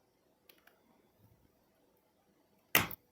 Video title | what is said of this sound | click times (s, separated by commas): How To Swap Keyboard Switches - Tutorial | give it a p and you hear it click | 2.8 s